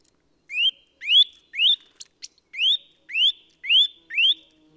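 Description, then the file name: Eurasian nuthatch calls: a series of clear, upward-sweeping whistled notes, roughly two per second, briefly interrupted by two short sharp ticks in the middle. "Sitta europaea"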